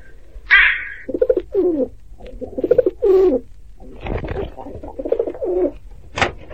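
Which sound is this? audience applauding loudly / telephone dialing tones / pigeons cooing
pigeons cooing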